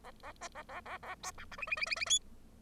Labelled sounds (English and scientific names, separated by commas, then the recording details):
Bengalese Finch (Lonchura striata domestica) song
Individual Bird0